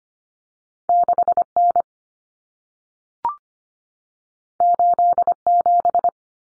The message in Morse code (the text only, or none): 6N 87